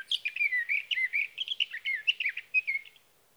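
Sage thrasher delivering a quick run-on warble of jumbled, slurred notes for about three seconds, then falling silent.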